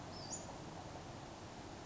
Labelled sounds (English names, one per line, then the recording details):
Western Flycatcher
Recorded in Sonoma County, California